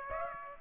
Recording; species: mosquito wingbeat signal from an infrared sensor; Aedes aegypti